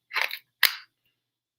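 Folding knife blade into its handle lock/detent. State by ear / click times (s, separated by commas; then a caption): seated / 0.7 s. The steel blade of a newly arrived folding knife is worked in its handle scales, with a short rustling, scraping burst from about 0.1 to 0.4 s. The blade then snaps into its lock/detent with a sharp click at 0.6 s, followed by a brief ringing tail, and it is seated with a very positive click.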